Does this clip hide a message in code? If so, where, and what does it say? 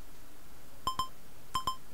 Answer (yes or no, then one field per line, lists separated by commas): no